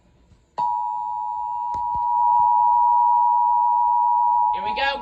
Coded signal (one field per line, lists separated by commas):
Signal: Emergency Alert System (SAME) tones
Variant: 853 and 960 Hz attention tone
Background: speech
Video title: National EAS Test/Tornado Drill- 8/11/21 (THREE ATTENTION TONES!!!)